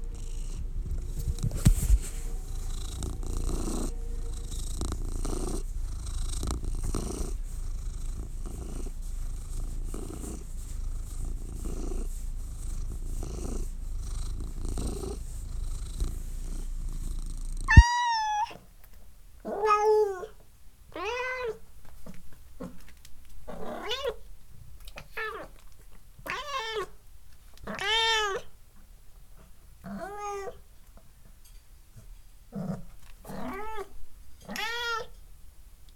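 A kitten purrs in a low, steady rumble with a soft regular pulse for about the first eighteen seconds. Then it switches abruptly to a string of high, wavering meows, roughly one every second or two, each rising and falling in pitch until the end.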